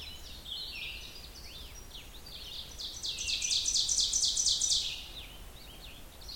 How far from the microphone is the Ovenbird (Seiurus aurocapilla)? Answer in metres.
about 30 m